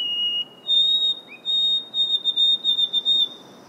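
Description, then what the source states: White-throated sparrow song: clear, pure whistled notes, a long first note then a higher held tone broken into a quick run of repeated short whistles. Recorded in Acadia National Park; a song emblematic of summer in the North Woods.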